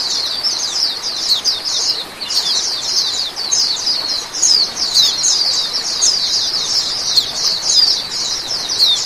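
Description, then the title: Oriental magpie-robin song, a dense, unbroken stream of rapid high chattering and twittering notes running throughout with only brief dips in loudness. "Kicau Kacer"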